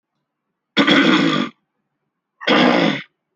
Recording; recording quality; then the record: heavy voluntary cough; moderate, slight background noise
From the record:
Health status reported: healthy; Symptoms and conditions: none ticked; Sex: male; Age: 35 years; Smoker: not ticked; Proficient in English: yes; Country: India